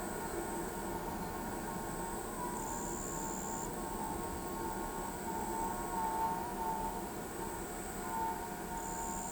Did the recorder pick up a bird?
no